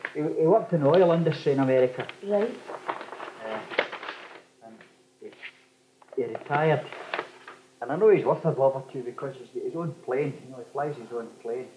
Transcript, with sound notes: He worked in the oil industry in America.
Right.
[rustling] And he's retired and eh I know he's got a bob or two, 'cause he's got his own plane, you see, he flies his own plane.